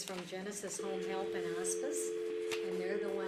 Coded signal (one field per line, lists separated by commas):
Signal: telephone call progress tone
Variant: North America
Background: speech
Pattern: dial tone